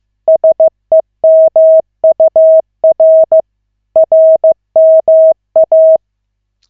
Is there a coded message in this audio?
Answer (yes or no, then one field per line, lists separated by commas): yes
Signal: Morse code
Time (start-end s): 0.3-6.0 s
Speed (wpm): 15 wpm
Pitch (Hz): 640 Hz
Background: none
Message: SEMUR RMA